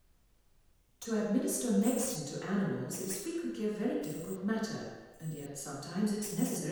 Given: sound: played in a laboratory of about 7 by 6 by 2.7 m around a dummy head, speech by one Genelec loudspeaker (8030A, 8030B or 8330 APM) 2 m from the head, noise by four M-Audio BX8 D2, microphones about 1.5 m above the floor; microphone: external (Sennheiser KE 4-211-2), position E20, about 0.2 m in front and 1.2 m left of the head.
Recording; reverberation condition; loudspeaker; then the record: female speech in English; high; 30 degrees to the right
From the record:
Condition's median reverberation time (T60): about 1300 ms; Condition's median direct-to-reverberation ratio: about -4.0 dB